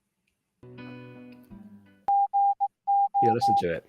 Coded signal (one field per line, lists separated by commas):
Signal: Morse code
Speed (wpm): 18 wpm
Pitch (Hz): 800 Hz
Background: speech, music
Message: GO